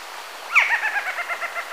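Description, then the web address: Golden-headed quetzal gives a short burst of rapid, rattling notes. Recorded in Ecuador. "Natures Songs S America Birds of Ecuador Golden-headed Quetzal"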